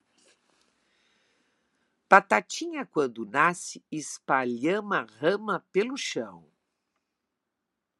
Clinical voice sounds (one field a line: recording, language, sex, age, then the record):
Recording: short text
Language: Brazilian Portuguese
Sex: female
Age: 70 to 79 years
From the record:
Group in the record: control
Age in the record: 79 years